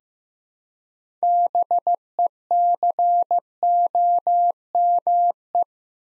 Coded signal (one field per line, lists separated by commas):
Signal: Morse code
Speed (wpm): 15 wpm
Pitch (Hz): 700 Hz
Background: none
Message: BECOME